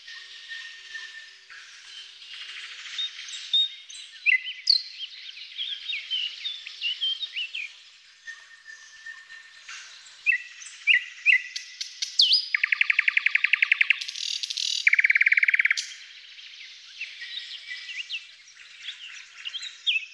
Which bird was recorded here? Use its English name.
Thrush Nightingale